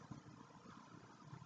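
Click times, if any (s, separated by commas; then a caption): none. A cleaned inner cannula is handled with a sterile hand as it is reinserted into a tracheostomy tube, over a steady low hum and broadband noise with faint soft bumps around 0.1 s and 1.3 s. Nothing has seated or clicked yet.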